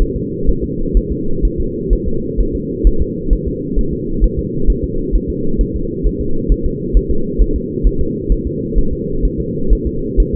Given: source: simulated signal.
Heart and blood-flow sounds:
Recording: fetal heart sounds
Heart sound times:
0.02 s: S1
0.16 s: S2
0.49 s: S1
0.64 s: S2
0.97 s: S1
1.12 s: S2
1.45 s: S1
1.60 s: S2
1.93 s: S1
2.08 s: S2
2.40 s: S1
2.55 s: S2
2.87 s: S1
3.02 s: S2
3.33 s: S1
3.48 s: S2
3.79 s: S1
3.93 s: S2
4.24 s: S1
4.39 s: S2
4.70 s: S1
4.84 s: S2
5.15 s: S1
5.30 s: S2
5.61 s: S1
5.76 s: S2
6.07 s: S1
6.21 s: S2
6.52 s: S1
6.66 s: S2
6.97 s: S1
7.11 s: S2
7.42 s: S1
7.56 s: S2
7.87 s: S1
8.01 s: S2
8.32 s: S1
8.47 s: S2
8.78 s: S1
8.93 s: S2
9.25 s: S1
9.40 s: S2
9.73 s: S1
9.87 s: S2
10.20 s: S1
10.35 s: S2
From the record:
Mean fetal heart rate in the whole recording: 130 bpm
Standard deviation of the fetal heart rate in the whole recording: 2 bpm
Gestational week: 36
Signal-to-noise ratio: -8.1 dB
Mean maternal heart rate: 72 bpm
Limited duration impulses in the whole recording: absent

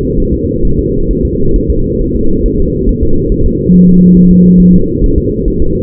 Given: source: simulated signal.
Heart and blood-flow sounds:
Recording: fetal heart sounds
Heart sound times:
0.20 s: S1
0.34 s: S2
0.65 s: S1
0.79 s: S2
1.11 s: S1
1.25 s: S2
1.56 s: S1
1.70 s: S2
2.01 s: S1
2.16 s: S2
2.46 s: S1
2.60 s: S2
2.89 s: S1
3.03 s: S2
3.32 s: S1
3.46 s: S2
3.74 s: S1
3.89 s: S2
4.17 s: S1
4.31 s: S2
4.60 s: S1
4.74 s: S2
5.04 s: S1
5.18 s: S2
5.48 s: S1
5.62 s: S2
From the record:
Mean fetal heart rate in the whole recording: 135 bpm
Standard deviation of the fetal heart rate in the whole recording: 3 bpm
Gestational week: 36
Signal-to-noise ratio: -17.7 dB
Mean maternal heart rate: 72 bpm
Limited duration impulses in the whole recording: present

